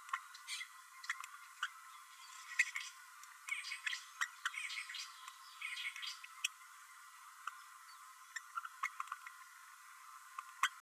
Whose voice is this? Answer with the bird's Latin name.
Forpus passerinus